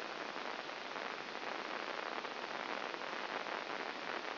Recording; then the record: brain microelectrode recording played as sound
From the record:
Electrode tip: inside the subthalamic nucleus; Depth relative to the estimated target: -1 mm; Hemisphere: left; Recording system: AlphaMap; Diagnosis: Parkinson's disease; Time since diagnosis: 10 years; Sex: female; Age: 63 years